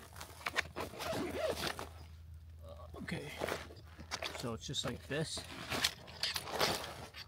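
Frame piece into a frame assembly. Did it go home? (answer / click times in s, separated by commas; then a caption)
yes / 6.2 s. Someone talks while fitting a frame piece into a frame assembly, with rustling and handling noise throughout. A loud snap at 6.2 seconds marks the piece seating into place.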